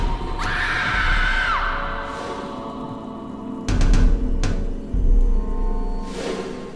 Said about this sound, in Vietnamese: hét lên kinh hoàng, tiếng hét như xé toạc màn đêm